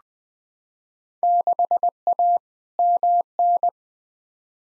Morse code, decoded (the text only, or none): 6A MN